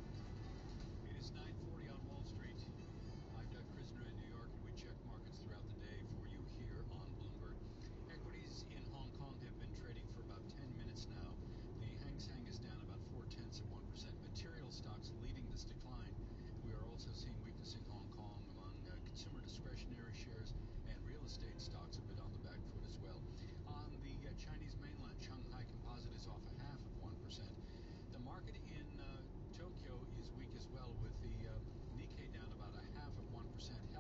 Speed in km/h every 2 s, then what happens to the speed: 39, 35, 35, 36, 37, 37, 38, 37, 36, 35, 35, 35, 34, 34, 35, 36, 37.
0-34 steady at about 36.